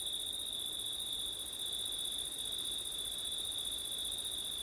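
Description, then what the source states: Crickets trilling steadily, a high unbroken chirring tone layered with an even higher shimmer, soft wind-like hiss underneath. September night, with wind; ORTF stereo microphone setup.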